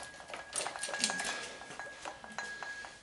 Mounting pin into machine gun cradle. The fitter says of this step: and we're locked in there i'll raise the camera a bit